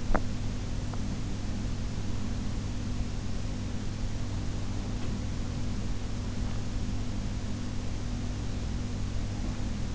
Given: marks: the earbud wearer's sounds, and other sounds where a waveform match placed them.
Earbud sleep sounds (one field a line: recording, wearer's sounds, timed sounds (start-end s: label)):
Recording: sounds in sleep by an in-ear microphone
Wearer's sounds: teeth grinding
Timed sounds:
0.00-0.38 s: teeth grinding